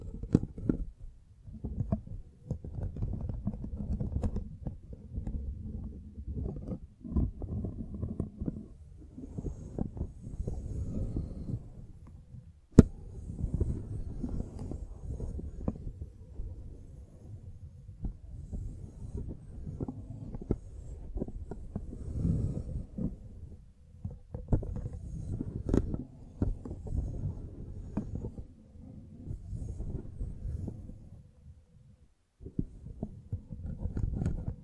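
A microphone is brushed and scratched in a dense, uneven stream of low, muffled rubbing that goes on for most of the clip. Brief gaps break it near 9, 13, 24 and 32 seconds, and a few sharper scrapes and knocks stand out, notably around 13 seconds.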